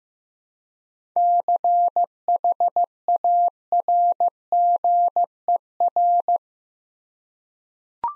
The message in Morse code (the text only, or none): CHARGER